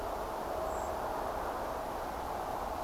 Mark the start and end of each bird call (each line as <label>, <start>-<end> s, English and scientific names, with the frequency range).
Common Blackbird (Turdus merula) (7.2-8.4 kHz), 0.65-0.90 s